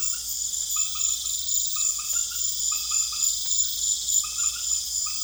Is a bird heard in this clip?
no